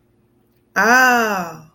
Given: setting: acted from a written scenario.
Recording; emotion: vocal sound without words; realization